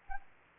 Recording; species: mosquito wingbeat signal from an infrared sensor; Anopheles gambiae